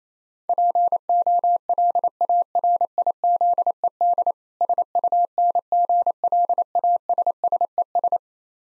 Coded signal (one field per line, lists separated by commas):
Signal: Morse code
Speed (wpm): 28 wpm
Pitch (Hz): 700 Hz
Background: none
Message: POLARIZED SUNGLASSES